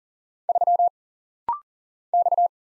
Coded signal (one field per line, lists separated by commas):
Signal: Morse code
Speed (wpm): 40 wpm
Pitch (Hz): 700 Hz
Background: none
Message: 3 X